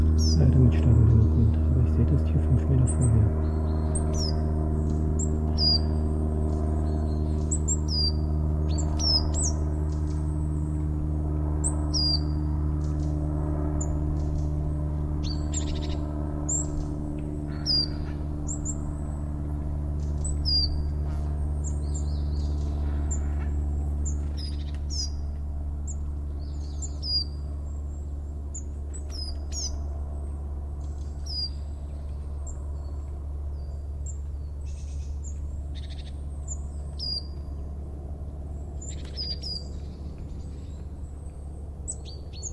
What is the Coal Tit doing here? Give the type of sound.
call